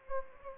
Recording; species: mosquito wingbeat signal from an infrared sensor; Anopheles gambiae